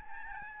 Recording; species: mosquito wingbeat signal from an infrared sensor; Aedes albopictus